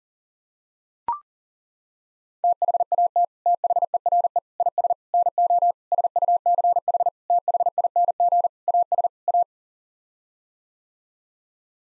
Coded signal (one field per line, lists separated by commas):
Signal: Morse code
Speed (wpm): 40 wpm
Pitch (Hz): 700 Hz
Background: none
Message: THAT THERE IS NO SUCH THING AS A